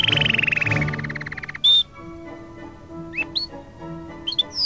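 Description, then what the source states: Canary song: a fast buzzy trill sliding slowly downward, then a clear whistled note and a few short rising chirps, with soft music playing underneath. Canary song combined with music.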